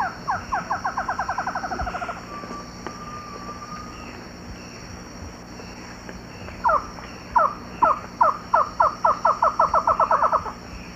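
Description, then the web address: Castelnau's antshrikes duetting, a rapid note series and a long flat whistle, then spaced slurred notes accelerating into a dense run, over a constant hum. Duet; eastern lowlands of South America. "Natures Songs S America Eastern Lowlands. Thamnophilus cryptoleucus, duet"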